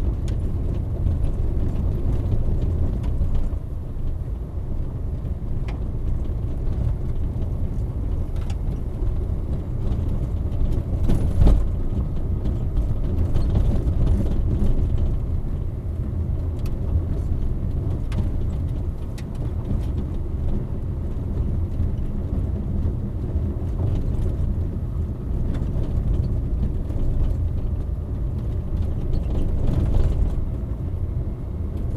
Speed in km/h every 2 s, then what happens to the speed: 23, 23, 23, 24, 24, 27, 28, 28, 29, 30, 29, 29, 28, 27, 28, 30.
0-32 steady at about 28.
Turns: none.